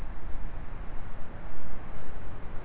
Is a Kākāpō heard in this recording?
no